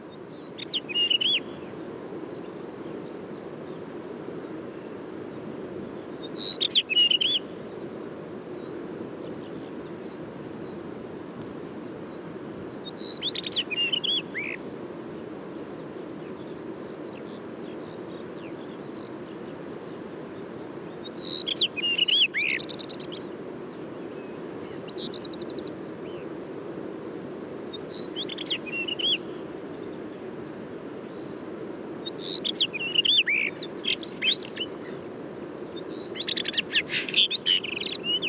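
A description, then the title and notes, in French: Birds sing at daybreak on a high Alpine pass, bright phrases every few seconds and thickening near the end over a steady low rumble. Lever du jour à l'écoute des oiseaux au col du Granon (2400 m altitude) dans les Hautes Alpes au-dessus de Briançon.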